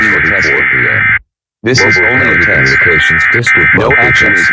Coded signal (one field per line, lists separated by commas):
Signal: Emergency Alert System (SAME) tones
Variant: end-of-message bursts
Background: speech